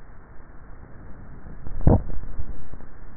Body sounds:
swallowing sounds by neck microphone; 1
1.68-2.52 s: swallow
From the record:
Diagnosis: dysphagia

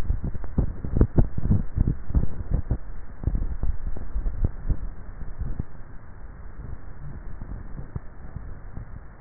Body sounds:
swallowing sounds by neck microphone; 1
4.05-4.88 s: swallow
From the record:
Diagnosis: dysphagia

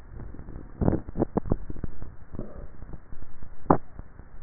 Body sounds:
swallowing sounds by neck microphone; 1
1.08-2.42 s: swallow
From the record:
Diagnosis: dysphagia

